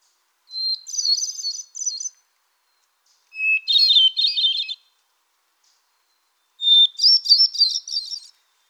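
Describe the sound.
Solitaire song: three phrases, each a high whistle breaking into a rapid, ringing, fluttery warble, with some phrases pitched higher than others.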